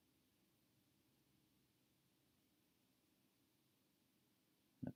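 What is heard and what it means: A plastic-backed foam ear cushion clipped into the ear cup of a pair of Beats Solo 3 Wireless headphones is pried away with a small screwdriver or pry tool, working around the cup. Low, quiet handling noise runs steadily until a sharp click at 4.9 s as a clip pops out of place, releasing the cushion so it pulls right out.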